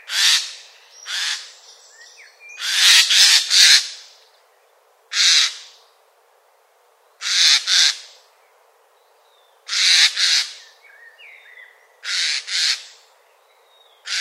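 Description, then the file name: Eurasian jay delivering a long series of loud, raspy screeches, single and paired, some in quick runs of three or four, with faint bird twitters between. "Garrulus glandarius"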